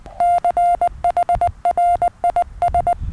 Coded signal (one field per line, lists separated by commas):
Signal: Morse code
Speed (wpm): 20 wpm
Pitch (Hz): 700 Hz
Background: none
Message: CHRIS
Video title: Why my SOTA antenna is a linked dipole